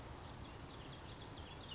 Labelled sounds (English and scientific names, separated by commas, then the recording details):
California Towhee (Melozone crissalis)
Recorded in Sonoma County, California